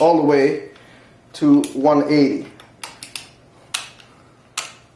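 Someone talks while pulling the metal lever of an Inzer PR powerlifting belt's lever buckle forward, all the way to 180 degrees, disengaging its lock and clicking mechanism. A few light ticks around 2.8–3.2 s lead to two sharp clicks at 3.8 s and 4.6 s as the buckle releases and the belt comes completely loose.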